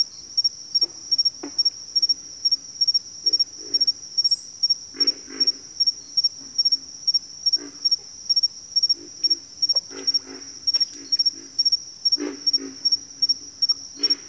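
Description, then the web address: Pig frogs giving low, rough grunts in irregular bursts, over a steady high pulsing insect trill. "ENTER Music and Audio J - Nature Songs Nature Sounds Sounds of Nature Collection Pig Frogs"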